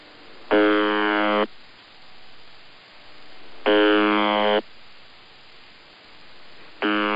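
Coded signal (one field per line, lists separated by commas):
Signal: channel marker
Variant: UVB-76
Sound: harsh low buzz lasting about a second, repeating roughly every three seconds, over hiss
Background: radio static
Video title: UVB-76 21/12/2023 Normal Channel Marker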